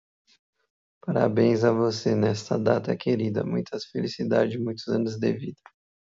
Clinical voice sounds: short text; Brazilian Portuguese; male; 20 to 29 years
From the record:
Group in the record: control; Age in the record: 25 years

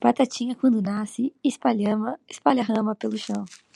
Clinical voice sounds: short text; Brazilian Portuguese; female; 20 to 29 years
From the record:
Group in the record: control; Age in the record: 23 years

